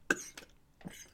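An adult man coughs: a few short, sharp coughs.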